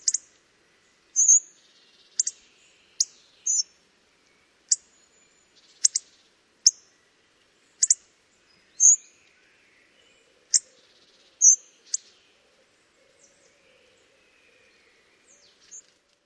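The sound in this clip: Hawfinch call series: abrupt high-pitched ticks at irregular intervals, some doubled, thinning out and growing faint toward the end, with a soft low hum.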